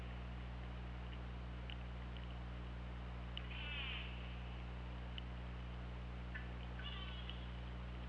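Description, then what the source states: Orca pulsed calls, two stacked harmonic calls a few seconds apart, plus sparse clicks, against a continuous low droning hum. Recorded by OrcaLab hydrophone, 24 August 2017 at 23:41.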